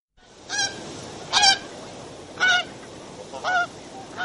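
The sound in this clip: Tundra swan giving five loud honking, hooting calls, about one each second, each rich in harmonics, over a soft steady hiss of background noise.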